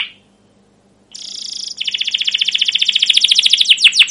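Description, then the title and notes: Canary song: a short high note, a second of silence, then a fast rolling trill of rapid repeated notes that grows louder and ends in descending sweeps. Caged canary song used as a lure to train other canaries, described as long, lively chattering for young birds learning sounds. "CUIT CUIT NGEROL LANGSUNG GACOR PANJANG Kenari Ini AMPUH Utk Pancingan KENAR. PANCINGAN Kenari GACOR PANJANG Cuit CUIT EMOSI ini AMPUH utk MASTERAN Kenari PAUD belajar BUNYI. burung kenari"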